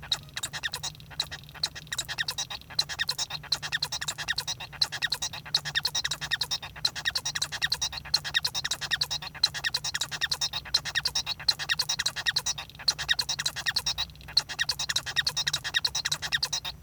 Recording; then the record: song of a male Bengalese finch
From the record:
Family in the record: son of father 1